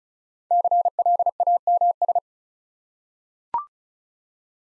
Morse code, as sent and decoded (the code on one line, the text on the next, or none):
-.-. .-.. .- -- ...
CLAMS